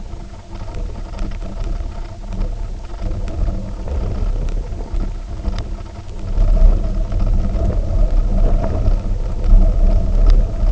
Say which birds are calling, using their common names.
none